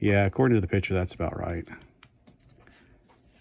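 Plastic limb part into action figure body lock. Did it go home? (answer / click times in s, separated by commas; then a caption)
yes / 2.0 s. Someone talks while transforming a Transformers Rise of the Beasts Studio Series #98 Cheetor Voyager Class plastic action figure, swinging a plastic limb part into position on the figure's body. A sharp click at 2.0 s marks the part locking into place, followed by a few faint small ticks. The part is confirmed seated in its lock.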